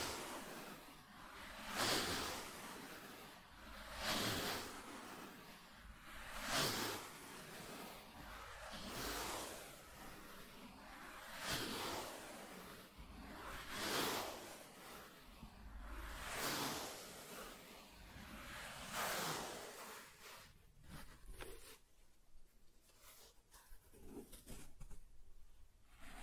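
Soft tracing strokes across a surface, each one a brief rising and fading brush that repeats roughly every two to two and a half seconds. The strokes are airy and full of hiss, with a low rumble underneath, and they thin out into quieter, scattered scratches after about twenty seconds.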